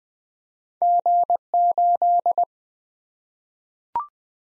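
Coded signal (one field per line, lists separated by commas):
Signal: Morse code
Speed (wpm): 20 wpm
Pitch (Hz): 700 Hz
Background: none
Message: G8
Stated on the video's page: 20 wpm head-copy practice of random two-character letter and number combinations, each sent in Morse, spoken, then sent again.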